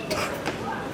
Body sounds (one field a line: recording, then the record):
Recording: coughing mixed with background sound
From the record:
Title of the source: 31 night wet cough